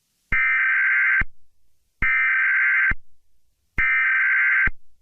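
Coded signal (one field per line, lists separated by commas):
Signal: Emergency Alert System (SAME) tones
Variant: header bursts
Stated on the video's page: Mock EAS Required Monthly Test, a simulated recreation.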